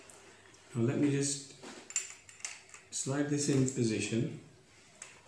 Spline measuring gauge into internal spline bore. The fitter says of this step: my first feeling okay it's clicked into place how is zero this okay